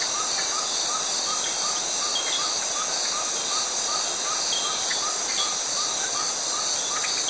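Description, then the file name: Cicada buzzing, a dense high hiss that never lets up, accompanied by a steady series of soft chirps. Tropical forest. "Tropical Forest with cicada and cockatoos"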